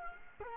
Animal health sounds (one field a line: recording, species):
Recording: mosquito wingbeat signal from an infrared sensor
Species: Culex quinquefasciatus